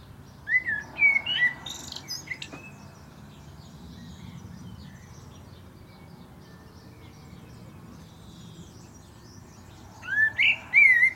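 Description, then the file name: Common blackbird song, two fluted, warbling phrases at the start and end, each closing in a high squeaky twitter, with quiet pauses between and faint low background rumble. "Turdus merula"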